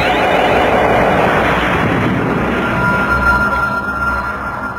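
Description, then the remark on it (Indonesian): A loud, roaring explosion as the magic heirloom weapons (pusaka) of two leaping fighters clash, accompanied by flashes of sparks, a dense rumbling blast that sustains for several seconds and slowly thins out toward the end, with no voices. “Ledakan keras pun terdengar sambil diiringi kilatan bunga api.”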